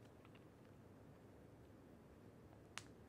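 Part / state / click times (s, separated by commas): pressure-sensitive clip of a clip-in bangs hairpiece into the wearer's hair / seated / 2.8 s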